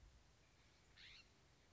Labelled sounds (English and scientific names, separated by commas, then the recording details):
California Scrub-Jay (Aphelocoma californica)
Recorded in Sonoma County, California